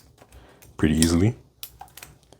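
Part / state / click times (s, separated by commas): phone in a two-piece protective case shell / seated / 1.6 s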